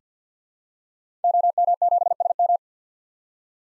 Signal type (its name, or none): Morse code